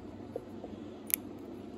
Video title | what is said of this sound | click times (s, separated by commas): CB 550 K Honda motorcycle no style petcock ￼uninstall ￼ | Hear that click? Means you got it somewhat sealed. | 1.1 s